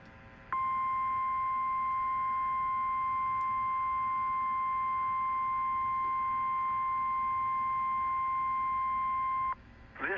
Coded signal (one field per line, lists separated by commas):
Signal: Emergency Alert System (SAME) tones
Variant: 1050 Hz attention tone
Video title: A lot of weekly test (EAS# 581 602)